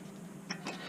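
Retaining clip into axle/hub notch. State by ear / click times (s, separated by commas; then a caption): not seated / none. A metal retaining clip is pushed back toward its notch on a Lincoln Navigator CV axle or hub assembly, where it is meant to lock into place. Over a steady low hum, a short sharp transient sounds at 0.5 s, followed by a softer, longer scrape or rattle near 0.7 s. The clip has not seated or clicked yet.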